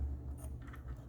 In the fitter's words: Tá bem encaixadinho, tá?